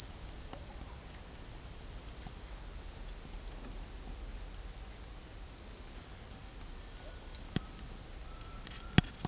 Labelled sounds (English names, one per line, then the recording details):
none
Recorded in dense forest near Puerto Asís, Putumayo, Colombia, on 15 December 2024 at 16:00
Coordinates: 0.499, -76.324
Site G045